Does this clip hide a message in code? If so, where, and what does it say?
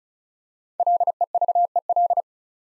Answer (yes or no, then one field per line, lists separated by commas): yes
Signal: Morse code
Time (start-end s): 0.8-2.2 s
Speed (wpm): 34 wpm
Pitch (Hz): 700 Hz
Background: none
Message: LEVEL